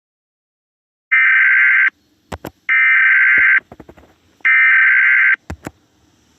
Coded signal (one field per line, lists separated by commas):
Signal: Emergency Alert System (SAME) tones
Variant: header bursts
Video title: eas scenario 1# thomas.exe